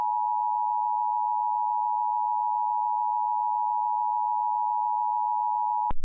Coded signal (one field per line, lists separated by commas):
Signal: Emergency Alert System (SAME) tones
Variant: 853 and 960 Hz attention tone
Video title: EAS Mock: Tsunami inbound for Oregon. ￼